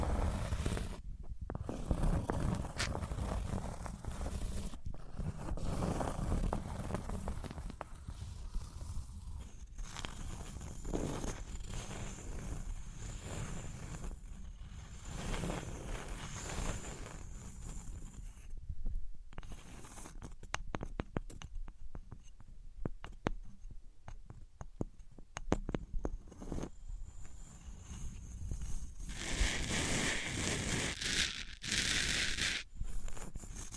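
Objects made of wood, cork, sponge, foam, glass and plastic are handled and rubbed against each other in a run of scrapes, taps and rustles. The sounds are dense and irregular, with brief pauses, a thin high whine from about ten seconds, and a bright hiss near thirty seconds.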